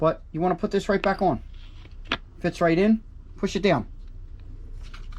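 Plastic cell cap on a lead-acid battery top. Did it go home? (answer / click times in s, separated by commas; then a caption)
yes / 4.9 s. A plastic vent/fill cell cap strip is put back on top of a flooded deep-cycle lead-acid trolling motor battery and pushed down. Someone talks over it, and there is a sharp tap at about 2.1 s. The cap snaps into place with a soft click at 4.9 s and ends up seated.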